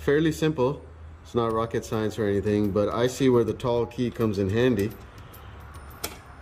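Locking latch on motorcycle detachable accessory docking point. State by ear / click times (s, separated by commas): released / 6.0 s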